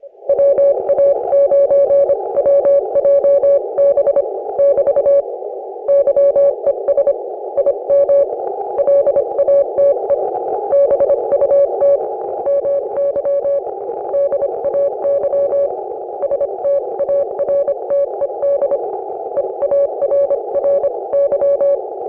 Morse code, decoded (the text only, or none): WA9WJB <BT> YES IM LATE BUT MY DAY STARTED EARRY